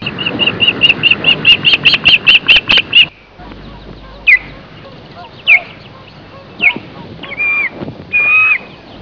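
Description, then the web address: Osprey calls: a quick run of about a dozen sharp whistled notes, then a break and scattered single chirps and short slurred whistles over a noisy background. "pandion haliaetus"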